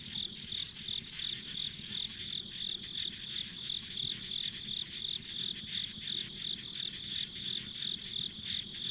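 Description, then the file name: A high pulsing insect chirp runs about three times a second across the whole stretch, backed by constant high-pitched insect hiss and low noise. Ambient insect sounds recorded on a country road. "田舎道の虫の環境音"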